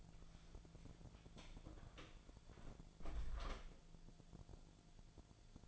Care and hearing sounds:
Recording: daily activity, microphone in the room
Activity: close door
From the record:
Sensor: 5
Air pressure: 1000.6 hPa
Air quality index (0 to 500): 156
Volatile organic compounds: 2 ppm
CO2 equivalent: 1196 ppm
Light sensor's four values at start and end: 47/109/46/49 and 47/110/46/49

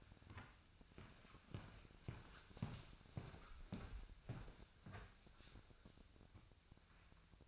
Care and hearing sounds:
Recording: daily activity, microphone in the room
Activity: walk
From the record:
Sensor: 2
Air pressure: 1001.6 hPa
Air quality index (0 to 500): 229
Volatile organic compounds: 27 ppm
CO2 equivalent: 2878 ppm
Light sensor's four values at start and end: 9/30/11/11 and 9/29/11/11

